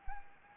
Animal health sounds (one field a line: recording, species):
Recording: mosquito wingbeat signal from an infrared sensor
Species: Anopheles arabiensis